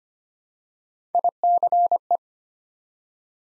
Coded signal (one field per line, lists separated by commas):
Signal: Morse code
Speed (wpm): 25 wpm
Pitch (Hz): 700 Hz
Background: none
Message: ICE